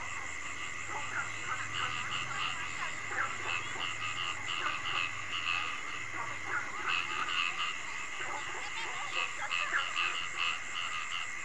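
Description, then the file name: Chorus of frogs with quick, overlapping croaks and clicks, steady throughout, over a continuous high background drone and faint low hum. Frogs calling at night. "Tieng Ech Nhai keu ban dem"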